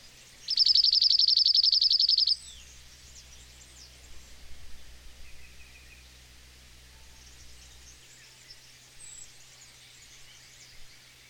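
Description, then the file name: Dunnock song: one hurried, high, jingling warble lasting about two seconds, followed by faint chirps from other birds over a low background hum. "Hacksparv"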